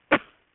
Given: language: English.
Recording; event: throat vibration sensor signal played as sound; cough